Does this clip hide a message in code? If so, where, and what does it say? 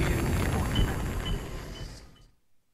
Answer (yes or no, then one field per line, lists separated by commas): no